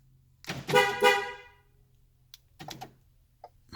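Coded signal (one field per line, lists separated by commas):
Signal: alarm pattern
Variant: Ford Transit MK8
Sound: brief pulsing car horn honk, then door-lock clunks and clicks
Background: vehicle mechanical clicks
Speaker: try to lock it with the doors open. It's the horn.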